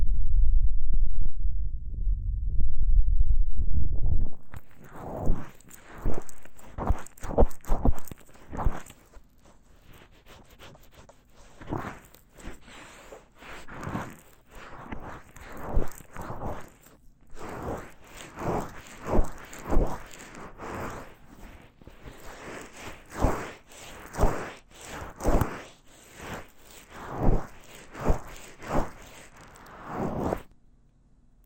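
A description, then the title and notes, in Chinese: Ear massage with lotion: after four seconds of low rumble, soft rhythmic rubbing strokes repeat steadily, with brief pauses, until ending abruptly near thirty seconds. ASMR×KU100 | 乳液耳朵按摩 | Ear Massage | NO Talking。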